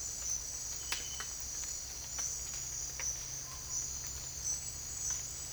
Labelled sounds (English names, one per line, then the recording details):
none
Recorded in dense forest near Puerto Asís, Putumayo, Colombia, on 20 December 2024 at 07:00
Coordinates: 0.485, -76.318
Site GP03